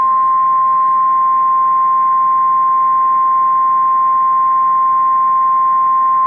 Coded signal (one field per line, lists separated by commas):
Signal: Emergency Alert System (SAME) tones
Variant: 1050 Hz attention tone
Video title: EAS #1170: EAS Dust Storm Warning- May 13, 2026- 10:09AM PDT